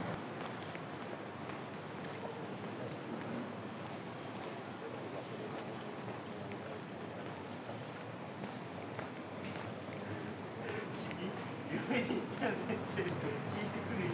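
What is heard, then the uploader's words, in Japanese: A walk through a city street, with a dense, steady wash of traffic and crowd noise throughout. Scattered clicks and brief bright sounds pop up now and then, and near the twelve-second mark the sound swells with louder, clattering tones before easing slightly. 喧騒と静寂の街を歩く（Binaural）-Walk around the city。バイノーラルで街を歩いてみました。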